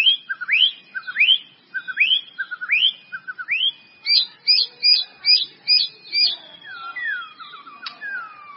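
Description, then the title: White-rumped Shama song of rising whistled slurs repeated in a steady series, shifting to quicker high notes, then falling whistles. "murai batu"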